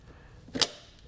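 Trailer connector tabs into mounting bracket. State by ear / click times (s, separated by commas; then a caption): seated / 0.6 s, 1.0 s. A plastic 7- and 4-pole trailer connector socket with two retaining tabs is pushed back into its metal mounting bracket on a 2018 Chevrolet Traverse. There is a sharp click at 0.6 s and a fainter one at 1.0 s. The tabs snap in and the connector is seated.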